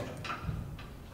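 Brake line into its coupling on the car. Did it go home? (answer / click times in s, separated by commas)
no / none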